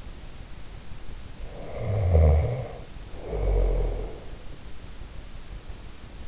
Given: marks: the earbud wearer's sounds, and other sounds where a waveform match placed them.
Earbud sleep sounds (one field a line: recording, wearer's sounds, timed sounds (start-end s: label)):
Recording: sounds in sleep by an in-ear microphone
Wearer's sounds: snoring breath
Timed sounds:
1.47-4.36 s: snoring breath